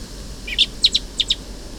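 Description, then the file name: Common blackbird calling with five or six short, bright clicking notes in pairs, fairly faint over a steady background hiss. "Turdus merula"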